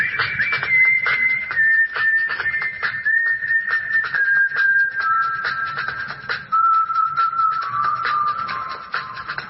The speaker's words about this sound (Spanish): Iba caminando, pensando y silbando mi canción favorita.